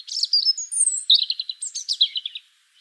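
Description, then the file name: European robin pouring out one dense, unbroken phrase of high whistles and quick twittering notes. "Erithacus rubecula"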